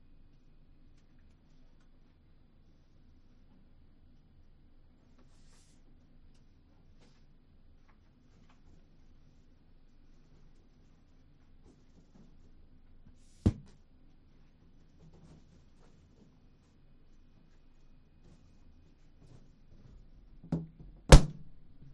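Items are popped one at a time with a needle taped to a stick. A low, steady murmur with faint small ticks fills most of it, broken by a sharp crack around 13 seconds and two more in quick succession near the end, the last one loudest.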